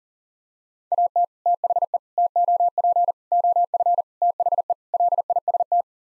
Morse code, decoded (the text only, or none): AT THE TOP OF THE LIST